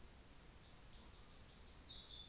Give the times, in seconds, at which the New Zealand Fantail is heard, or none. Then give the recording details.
none. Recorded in New Zealand on 24 December 2018. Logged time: 15:45